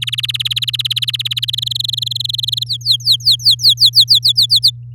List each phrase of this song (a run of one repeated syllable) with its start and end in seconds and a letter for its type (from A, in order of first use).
0.02-1.55 A, 1.57-2.64 B, 2.66-4.32 C, 4.35-4.70 D